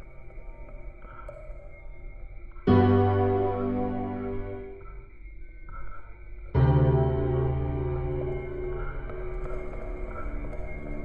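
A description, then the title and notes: Computer-generated piano chords ring out over a low, steady electronic hum. A loud, bright chord strikes near the three-second mark and fades over about two seconds; a second strikes around six and a half seconds and lingers, slowly decaying to the end. Collaged piano based on the folk song The Housewife’s Lament.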